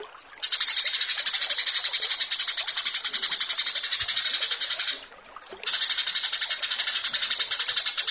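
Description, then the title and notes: Australasian bushlark song, two long intense high-pitched pulsing trills separated by a brief gap. Masteran (song tutor) track, branjangan versus burger. "Branjangan VS BURGER Masteran. burung BRANJANGAN"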